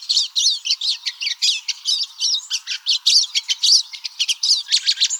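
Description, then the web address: Pine siskin calling in a quick series of high, wiry twitters and slurred notes, steady and busy from start to finish. Recorded in Arizona on 16 May 2006. "Finches AZFO PISI 051606. deviche"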